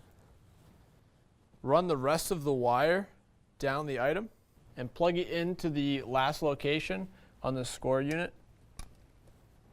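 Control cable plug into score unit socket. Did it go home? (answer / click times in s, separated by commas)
yes / 8.8 s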